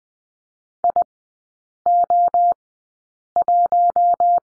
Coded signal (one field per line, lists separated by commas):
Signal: Morse code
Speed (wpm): 20 wpm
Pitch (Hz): 700 Hz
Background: none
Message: IO1